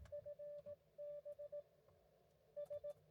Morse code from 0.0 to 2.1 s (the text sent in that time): FB